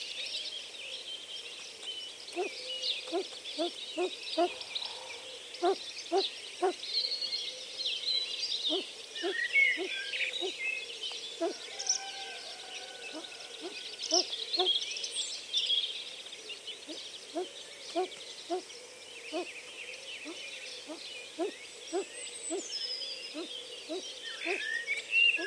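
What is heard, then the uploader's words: A garden soundscape with a constant bed of high bird chatter and twittering throughout. Over it, a lower creature repeats short, regular knocking calls in bursts of several at a time, recurring every few seconds. A faint thin whine runs steadily on top. The Bottom of My Garden.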